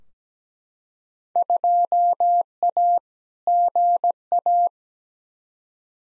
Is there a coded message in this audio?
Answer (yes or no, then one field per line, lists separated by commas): yes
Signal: Morse code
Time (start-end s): 1.4-4.7 s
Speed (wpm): 17 wpm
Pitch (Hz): 700 Hz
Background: none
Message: 2A GA